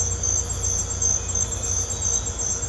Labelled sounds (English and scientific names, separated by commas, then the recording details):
none
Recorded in pastures near Puerto Asís, Putumayo, Colombia, on 16 December 2024 at 05:30
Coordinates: 0.502, -76.324
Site G077